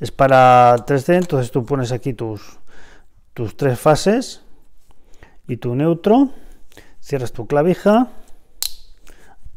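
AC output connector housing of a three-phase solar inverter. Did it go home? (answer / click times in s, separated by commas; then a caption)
yes / 8.6 s. Someone talks while the AC output plug housing of a SolaX three-phase solar inverter, wired with the three phases and neutral, is closed. A sharp, loud click at 8.6 s marks the housing snapping shut and seating.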